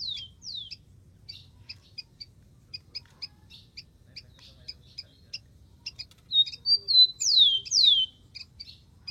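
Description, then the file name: Rufous-collared sparrow giving short level whistles and then two sharply falling slurs, after a long series of brief high chips. "canto do tico tico"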